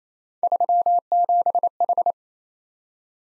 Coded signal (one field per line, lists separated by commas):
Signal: Morse code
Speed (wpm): 28 wpm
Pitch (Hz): 700 Hz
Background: none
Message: 37H